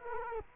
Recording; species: mosquito wingbeat signal from an infrared sensor; Culex quinquefasciatus